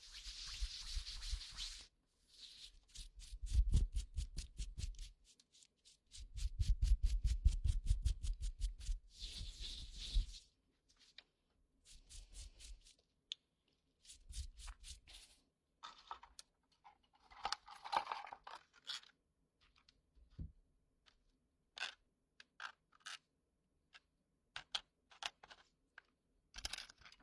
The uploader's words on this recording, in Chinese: 膝枕｜鹅毛棒掏耳朵。